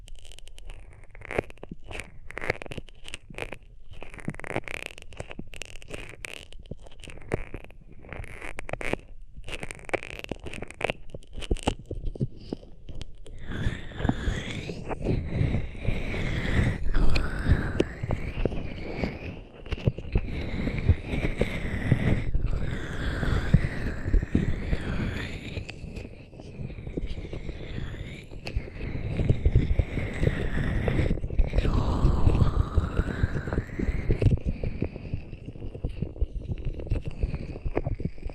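Hands rub over ears in a steady, dense scratching and rustling with no talking. For the first twelve seconds the sound is thinner and choppy, with quick repeated strokes; after that it turns fuller and deeper, with swelling, muffled rubbing that rises and falls unevenly.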